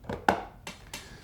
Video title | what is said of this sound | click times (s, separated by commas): Stansport Egg Container for Camping and Travel Unboxing | snaps into place and you can carry it right here | 0.3 s